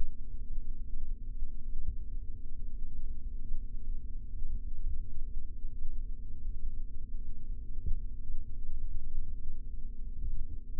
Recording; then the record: forearm muscle sounds (acoustic myography)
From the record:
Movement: rest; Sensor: system 3, bracelet of six PUI Audio POM-2738L microphones around the upper forearm, with dedicated amplification and filtering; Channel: 4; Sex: male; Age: 26 years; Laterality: right